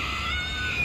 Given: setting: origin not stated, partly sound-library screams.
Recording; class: one-second piece from a danger detection set; woman in danger